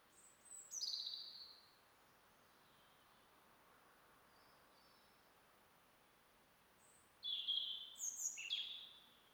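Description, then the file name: European robin song: two separate bursts of high, thin whistled notes, one near the start and one near the end, with a long quiet gap between them. "Erithacus rubecula"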